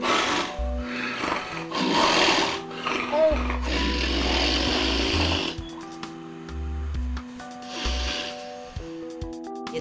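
A sleeping 35-year-old man snores loudly, gasping and pausing in his breathing for a couple of seconds at a time, consistent with sleep apnea.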